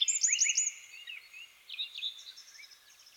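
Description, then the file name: Eurasian wren: quick high twittering notes at the start, then softer scattered chirps fading away. "Troglodytes troglodytes"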